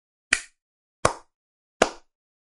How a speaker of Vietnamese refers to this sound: A Lý định lao lên, nhưng đúng lúc đó lão hổ vỗ tay tán thưởng.